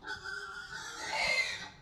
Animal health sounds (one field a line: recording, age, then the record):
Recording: pig call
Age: growing-finishing pig (85 days or more)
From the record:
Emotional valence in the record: positive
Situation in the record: run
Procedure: transit